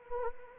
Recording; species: mosquito wingbeat signal from an infrared sensor; Anopheles arabiensis